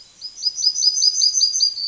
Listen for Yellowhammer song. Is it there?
yes